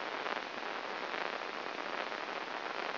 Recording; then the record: brain microelectrode recording played as sound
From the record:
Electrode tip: inside the subthalamic nucleus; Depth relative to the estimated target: 1 mm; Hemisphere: right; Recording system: AlphaMap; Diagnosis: Parkinson's disease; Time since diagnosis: 19 years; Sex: male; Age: 59 years